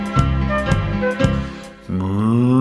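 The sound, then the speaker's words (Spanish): A cow in a stable lets out a long, low, drawn-out moo whose pitch slowly rises, following a stretch of steady tones punctuated by four regular, evenly spaced beats. “Escuchemos la vaca de Don Pedro Pablo, que está mugiendo en el establo.”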